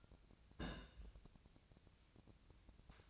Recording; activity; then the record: daily activity, microphone in the room; place on stove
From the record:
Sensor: 2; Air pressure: 999.8 hPa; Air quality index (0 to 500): 121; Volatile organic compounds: 2 ppm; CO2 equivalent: 1046 ppm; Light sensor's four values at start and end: 35/87/38/42 and 35/87/38/42